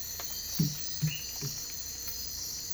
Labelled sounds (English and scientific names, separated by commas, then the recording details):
none
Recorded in dense forest near Puerto Asís, Putumayo, Colombia, on 22 December 2024 at 04:00
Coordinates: 0.484, -76.317
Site G026